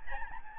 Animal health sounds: mosquito wingbeat signal from an infrared sensor; Aedes albopictus

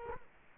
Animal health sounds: mosquito wingbeat signal from an infrared sensor; Culex quinquefasciatus

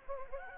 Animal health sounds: mosquito wingbeat signal from an infrared sensor; Anopheles gambiae

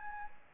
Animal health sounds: mosquito wingbeat signal from an infrared sensor; Anopheles gambiae

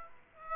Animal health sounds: mosquito wingbeat signal from an infrared sensor; Aedes aegypti

